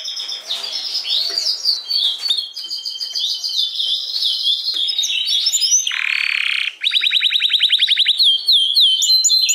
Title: Kenari Portugis